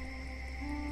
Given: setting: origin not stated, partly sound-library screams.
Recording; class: one-second piece from a danger detection set; normal situation